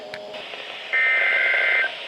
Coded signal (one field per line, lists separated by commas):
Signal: Emergency Alert System (SAME) tones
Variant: header bursts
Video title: I don’t even know. EAS Alerts from 2/3-7/24